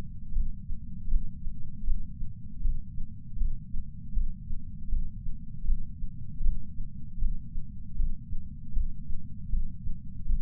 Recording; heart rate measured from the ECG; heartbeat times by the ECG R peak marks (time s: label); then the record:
heart sounds by patch sensor on the chest; 79 bpm
0.32 s: heartbeat
1.08 s: heartbeat
1.84 s: heartbeat
2.61 s: heartbeat
3.37 s: heartbeat
4.13 s: heartbeat
4.88 s: heartbeat
5.64 s: heartbeat
6.41 s: heartbeat
7.18 s: heartbeat
7.95 s: heartbeat
8.72 s: heartbeat
9.49 s: heartbeat
10.25 s: heartbeat
From the record:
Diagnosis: coronary artery disease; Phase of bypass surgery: intraoperative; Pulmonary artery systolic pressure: 27 mmHg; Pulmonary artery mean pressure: 19 mmHg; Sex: male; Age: 74 years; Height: 170 cm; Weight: 75 kg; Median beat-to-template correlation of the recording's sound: 0.89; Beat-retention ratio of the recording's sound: 0.97